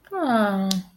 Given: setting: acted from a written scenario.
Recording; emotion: vocal sound without words; disappointment